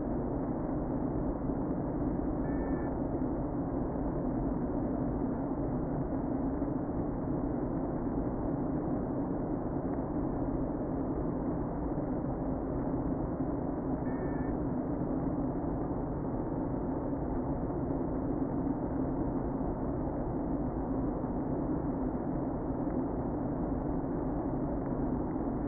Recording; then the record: honeybee colony, microphone inside the hive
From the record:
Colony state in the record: queen present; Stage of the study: before two queens were removed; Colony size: about 60,000 bees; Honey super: yes